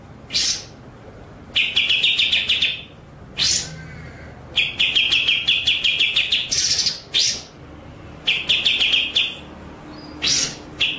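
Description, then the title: White-rumped shama song: short harsh bursts and rapid trains of repeated chips, phrases separated by short pauses. Masteran (training) track with the bird in full rolling, shooting song (ngerol nembak). "Masteran Murai Batu Full Ngerol Nembak"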